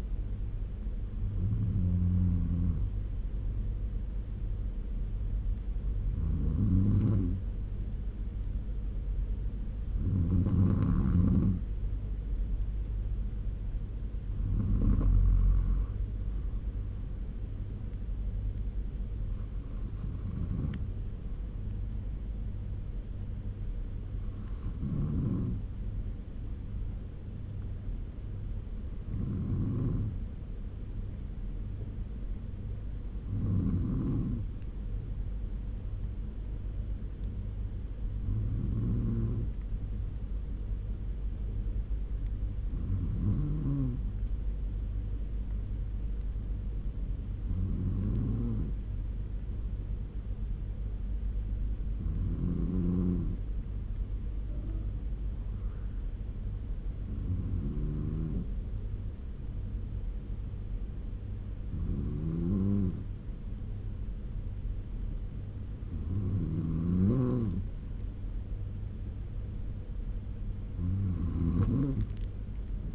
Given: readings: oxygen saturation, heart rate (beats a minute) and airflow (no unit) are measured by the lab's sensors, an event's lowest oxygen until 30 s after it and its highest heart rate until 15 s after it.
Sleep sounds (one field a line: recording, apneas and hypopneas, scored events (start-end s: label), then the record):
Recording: breathing in sleep by a smartphone at the bedside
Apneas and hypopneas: 1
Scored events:
35.00-64.80 s: hypopnea (N2, oxygen 95% highest, then 93% lowest, heart rate 80 at the start, 80 highest)
From the record:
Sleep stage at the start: N2 (light sleep)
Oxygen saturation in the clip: 93 to 96%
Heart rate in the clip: 71 to 80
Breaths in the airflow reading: 16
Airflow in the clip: -5.3 to 6.5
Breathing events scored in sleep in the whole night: 201 in 6.5 hours asleep